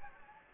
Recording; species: mosquito wingbeat signal from an infrared sensor; Anopheles gambiae